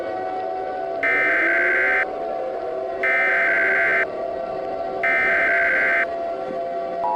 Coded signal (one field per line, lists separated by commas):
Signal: Emergency Alert System (SAME) tones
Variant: header bursts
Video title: Ejected (EAS Scenario)